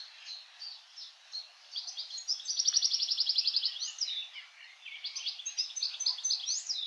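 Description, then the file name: European Goldfinch song, fast high twittering phrases mixing sweet slurred notes and a dense buzzy trill, light background noise. "Carduelis carduelis"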